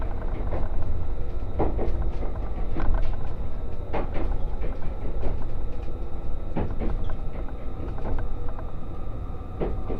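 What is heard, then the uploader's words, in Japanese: Steady low rumble inside a moving train, with a faint constant whine and frequent sharp clicks and rattles scattered irregularly throughout. 五能線 深浦→岩館 リゾートしらかみ4号。深浦を出ると再び日本海を高い位置から眺めながら走っていきます。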